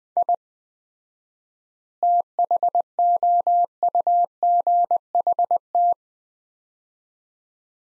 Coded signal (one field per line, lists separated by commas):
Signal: Morse code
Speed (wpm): 20 wpm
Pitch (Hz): 700 Hz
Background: none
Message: I THOUGHT